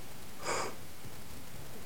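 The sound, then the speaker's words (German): A single short, breathy cough, soft and hissy, over a quiet background hum, with silence before and after and no talking. “Moment, Husten.”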